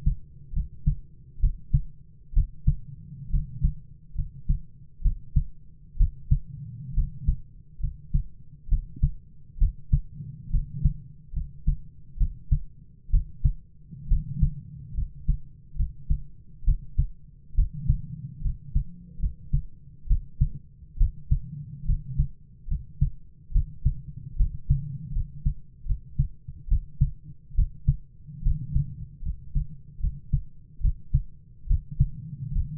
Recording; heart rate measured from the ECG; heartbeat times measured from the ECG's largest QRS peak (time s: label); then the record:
heart sounds by stethoscope; 69 bpm
0.52 s: heartbeat
1.39 s: heartbeat
2.32 s: heartbeat
3.29 s: heartbeat
4.14 s: heartbeat
5.01 s: heartbeat
5.96 s: heartbeat
6.93 s: heartbeat
7.79 s: heartbeat
8.67 s: heartbeat
9.57 s: heartbeat
10.49 s: heartbeat
11.32 s: heartbeat
12.16 s: heartbeat
13.09 s: heartbeat
14.07 s: heartbeat
14.93 s: heartbeat
15.75 s: heartbeat
16.63 s: heartbeat
17.54 s: heartbeat
18.41 s: heartbeat
19.18 s: heartbeat
20.06 s: heartbeat
20.96 s: heartbeat
21.84 s: heartbeat
22.67 s: heartbeat
23.51 s: heartbeat
24.35 s: heartbeat
25.11 s: heartbeat
25.85 s: heartbeat
26.67 s: heartbeat
27.54 s: heartbeat
28.41 s: heartbeat
29.21 s: heartbeat
29.99 s: heartbeat
30.80 s: heartbeat
31.66 s: heartbeat
32.51 s: heartbeat
From the record:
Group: healthy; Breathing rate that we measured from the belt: 16 breaths a minute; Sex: male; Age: 22 years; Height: 185 cm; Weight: 112.4 kg